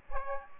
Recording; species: mosquito wingbeat signal from an infrared sensor; Aedes aegypti